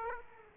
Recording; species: mosquito wingbeat signal from an infrared sensor; Aedes aegypti